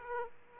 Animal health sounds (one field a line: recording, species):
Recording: mosquito wingbeat signal from an infrared sensor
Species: Aedes aegypti